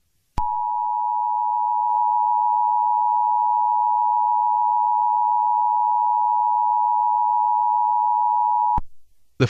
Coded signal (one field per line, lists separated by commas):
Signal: Emergency Alert System (SAME) tones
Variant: 853 and 960 Hz attention tone